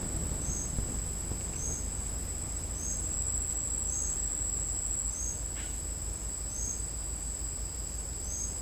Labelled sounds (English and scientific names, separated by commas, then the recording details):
none
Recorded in secondary vegetation near Puerto Asís, Putumayo, Colombia, on 22 December 2024 at 09:00
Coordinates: 0.481, -76.318
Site G042